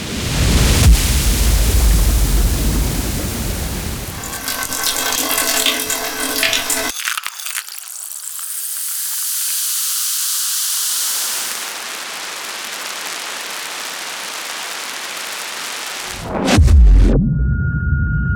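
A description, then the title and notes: Water in changing states: a heavy low rumble of rushing liquid gives way around five seconds to bright rattling and bubbling, then a steady high hiss of steam from about seven to sixteen seconds. A sharp thud follows, leaving a thin, steady whistling tone. Esoteric Series Vol. 1 - Third Element - ACQUA. The water in all its chemical derivations, liquid, gaseous and solid states.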